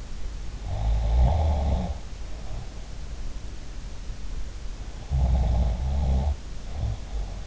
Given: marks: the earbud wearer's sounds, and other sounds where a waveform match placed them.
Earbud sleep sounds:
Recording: sounds in sleep by an in-ear microphone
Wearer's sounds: snoring breath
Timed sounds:
0.55-2.92 s: snoring breath
5.13-7.47 s: snoring breath

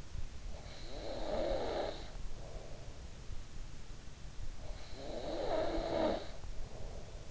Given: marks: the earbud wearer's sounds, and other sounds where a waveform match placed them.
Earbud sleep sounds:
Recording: sounds in sleep by an in-ear microphone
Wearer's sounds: breath, snoring breath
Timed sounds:
0.00-3.18 s: breath
4.42-7.28 s: snoring breath

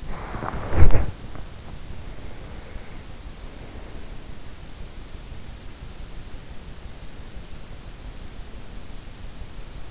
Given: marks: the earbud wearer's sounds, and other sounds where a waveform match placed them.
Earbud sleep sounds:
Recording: sounds in sleep by an in-ear microphone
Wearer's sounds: body movement, breath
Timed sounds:
0.00-1.38 s: body movement
2.11-4.22 s: breath

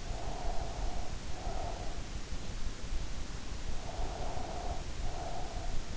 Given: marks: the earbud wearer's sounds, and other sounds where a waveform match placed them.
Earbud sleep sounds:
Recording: sounds in sleep by an in-ear microphone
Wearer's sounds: breath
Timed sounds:
0.00-2.20 s: breath
3.75-5.76 s: breath

